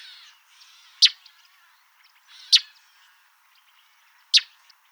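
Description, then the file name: Northern mockingbird song: three abrupt, loud, clicking notes at uneven intervals, mixed with quieter scratchy and warbled phrases. "Northern Mockingbird Mimus polyglottos"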